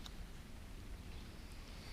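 A carburettor primer bulb assembly with its plastic housing is handled while being fitted onto a hedge trimmer carburettor during reassembly, after checking which way it goes. A brief sharp tick at 0.1 s stands out over a steady low background noise. Nothing has seated or clicked into place yet.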